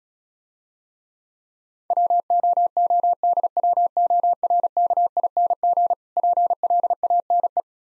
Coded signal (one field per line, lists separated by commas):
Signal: Morse code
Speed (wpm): 34 wpm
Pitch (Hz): 700 Hz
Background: none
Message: WOODWORKING PLANE